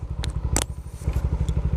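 A rider pushes the tongue of a motorcycle helmet's plastic chin strap into its buckle before riding, and it clicks shut with two sharp snaps at about 0.6 s and 0.6 s, so the buckle is seated. A steady, low, pulsing rumble runs underneath throughout, with a few fainter ticks at about 0.2 s, 0.3 s and 1.5 s.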